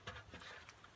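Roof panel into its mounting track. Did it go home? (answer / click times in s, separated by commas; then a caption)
no / none. A roof panel is handled and pushed toward its mounting track, giving a sharp knock at 0.1 s and softer taps at 0.7 s and 0.8 s over a low rustling background. Nothing has seated or clicked yet; the panel is not yet home in the track.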